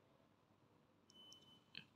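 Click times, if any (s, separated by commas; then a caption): 1.8 s. A 128 GB microSD memory card is pushed into the card slot of a GoPro Hero 10 Black action camera. A faint tick at 1.1 s is followed by a short, sharp click at 1.8 s as the card seats in the slot.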